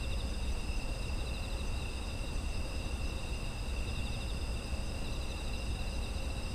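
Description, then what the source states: Even, unbroken insect chorus of layered high trills, accompanied by a steady low background rumble. Autumn insects; ambient environmental sound offered as background audio.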